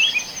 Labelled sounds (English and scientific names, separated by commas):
Yellowhammer (Emberiza citrinella) song